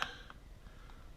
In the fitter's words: I think this was clicking into place quite well.